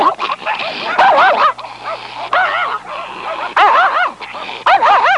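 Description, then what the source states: Dog barking and yelping in high, arching harmonic bursts, with brief quiet gaps between them. Several dogs, described as really angry.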